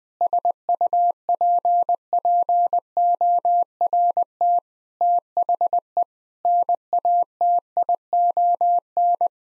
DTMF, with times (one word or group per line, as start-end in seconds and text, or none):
none